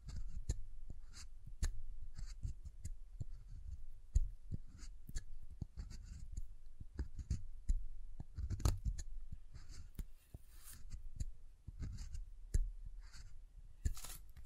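Soap being tapped and carved, with soft low thuds and crisp scraping cuts coming in irregular clusters, several per second. Brief bright shaves stand out around eight, ten and fourteen seconds.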